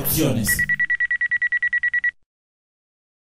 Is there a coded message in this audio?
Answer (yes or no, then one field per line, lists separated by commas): no